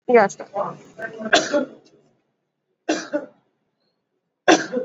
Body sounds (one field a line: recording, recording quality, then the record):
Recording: heavy voluntary cough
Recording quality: moderate, slight background noise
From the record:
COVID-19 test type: RT-PCR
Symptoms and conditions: cough, cold, fever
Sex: male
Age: 35 years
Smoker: no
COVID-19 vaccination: both doses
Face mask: worn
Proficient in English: yes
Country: India